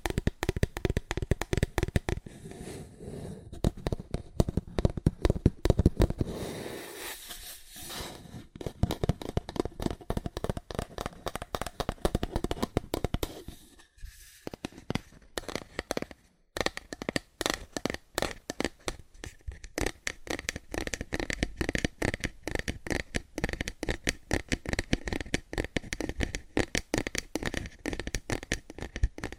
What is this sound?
Fast Aggressive Cardboard Tapping